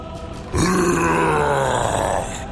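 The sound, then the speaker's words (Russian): A troll's roar of pain and rage across a swamp after it is hit by an acid explosion from a spear skill: a long, loud, guttural bellow that bursts in suddenly, holds a strained, slowly falling pitch for nearly two seconds, then cuts off. “Громкий рев, наполненный болью и злобой, разнесся по болоту.”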